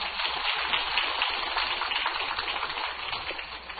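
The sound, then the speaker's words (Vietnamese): An audience applauds to thank the lecturing monk after a Buddhist Dharma talk, a dense, steady wash of many hands clapping that stays fairly loud and even for nearly four seconds, with no voices over it. “Chúng tôi xin quý vị một tràng pháo tay để cảm tạ Thầy.”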